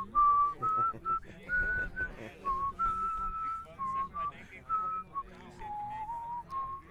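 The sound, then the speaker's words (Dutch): Someone whistles a cheerful tune, clear high notes stepping up and down in short melodic phrases over a low, busy background. “Fluitje is een deuntje.”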